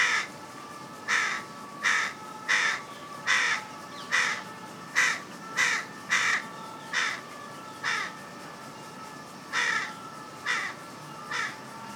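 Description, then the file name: Carrion crow uttering a long run of short, hoarse caws about once a second, with a brief gap late on and a faint steady hum underneath. "Corvus corone"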